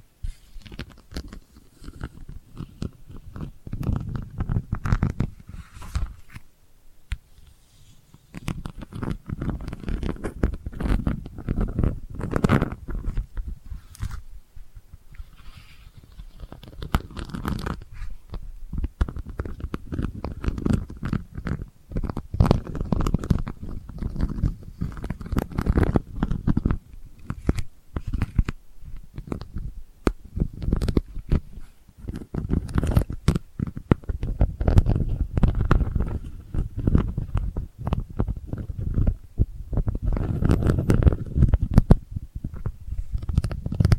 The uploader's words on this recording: ASMR Delicate Scratching for Sleep (No Talking).